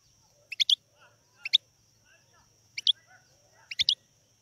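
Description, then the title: European goldfinch double chirps, short and bright, repeated about once a second over a steady faint high hum and low background rumble. "اجمل غناءالحسون الخلويchant chardonneret sauvage collection"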